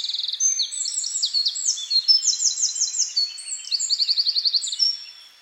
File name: Troglodytes troglodytes